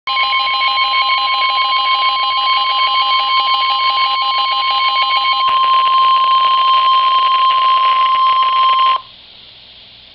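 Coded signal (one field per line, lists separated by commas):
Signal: Emergency Alert System (SAME) tones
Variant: 1050 Hz attention tone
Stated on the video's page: NOAA Weather Radio flash flood warning for Carroll, Howard, Baltimore, Harford and Baltimore City counties, Maryland, issued by the Baltimore/Washington weather service office.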